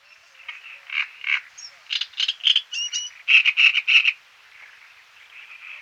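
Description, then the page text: Great reed warbler singing a loud, grating sequence of croaky 'karra' notes and harsh chirrs, a few thin high squeaks between, ending in a quieter rasping trail. "Great Reed Warbler Song. Quick Sounds"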